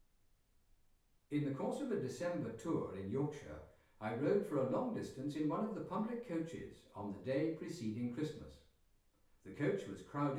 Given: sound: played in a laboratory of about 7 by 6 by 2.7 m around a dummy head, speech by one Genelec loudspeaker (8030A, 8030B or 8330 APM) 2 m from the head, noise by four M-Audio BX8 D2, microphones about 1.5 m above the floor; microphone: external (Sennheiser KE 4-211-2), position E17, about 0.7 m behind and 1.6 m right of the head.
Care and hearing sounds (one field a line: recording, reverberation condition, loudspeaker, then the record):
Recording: male speech in English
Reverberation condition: medium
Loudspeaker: 60 degrees to the left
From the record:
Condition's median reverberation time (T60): about 510 ms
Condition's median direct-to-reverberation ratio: about -0.5 dB